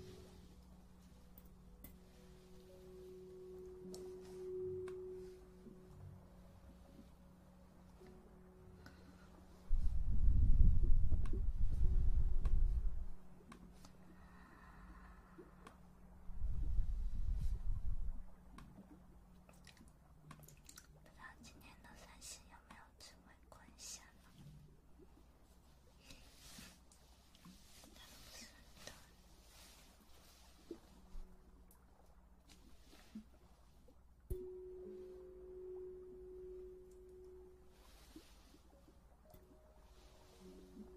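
Ear massage: two loud, muffled bursts of deep rubbing, around 10–13 seconds and again near 17 seconds, swamp everything else. Between them, soft scattered crackles and light touches sit over a faint, steady low hum.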